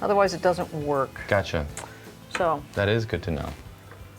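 Someone talks while handling the lever on the milk carafe of a Saeco Gran Baristo superautomatic espresso machine, which must be pushed over until it clicks into its working position or it won't work. Nothing has seated or clicked yet in this clip; only talking is heard.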